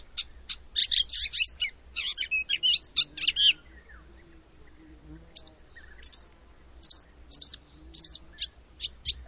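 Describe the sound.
Bird calls: a burst of dense, scratchy, high chattering, a pause, then a series of spaced single sharp chirps.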